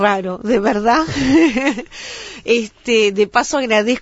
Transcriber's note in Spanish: se ríe